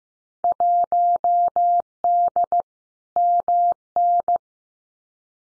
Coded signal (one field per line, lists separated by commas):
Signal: Morse code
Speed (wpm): 15 wpm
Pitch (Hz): 700 Hz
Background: none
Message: 1D MN